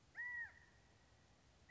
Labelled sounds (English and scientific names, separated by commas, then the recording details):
California Quail (Callipepla californica)
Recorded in Sonoma County, California